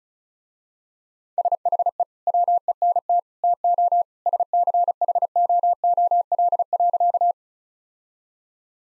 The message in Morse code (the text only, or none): SHE WENT TO SCHOOL.